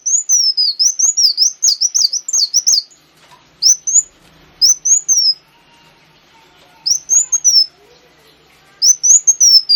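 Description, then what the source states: Sunbird song opening with a rapid run of high descending whistles, then spaced single phrases of the same thin, sliding notes separated by short pauses. Lure recording used to attract the bird.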